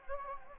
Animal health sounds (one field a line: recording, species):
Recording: mosquito wingbeat signal from an infrared sensor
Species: Anopheles gambiae